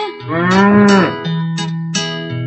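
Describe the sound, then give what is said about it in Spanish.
A cow lets out a long, loud moo that swells and bends in pitch, then settles into a steady, low droning bellow with no one talking. “La vaca daba zumo en vez de leche.”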